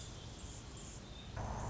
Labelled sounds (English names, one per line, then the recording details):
Anna's Hummingbird
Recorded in Sonoma County, California